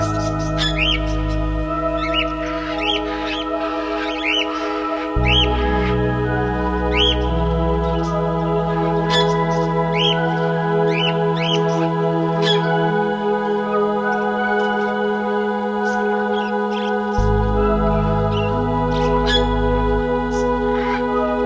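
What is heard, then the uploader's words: Amazon rainforest ambience with birds calling throughout, short bright chirps and whistles repeating every second or two. Beneath them a steady layered hum of insects holds, while a low droning tone shifts in pitch around 5 and 17 seconds. Sounds of the Amazon rainforest.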